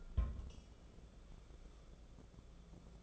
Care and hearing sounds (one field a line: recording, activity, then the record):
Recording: daily activity, microphone in the room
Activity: place on stove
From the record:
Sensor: 5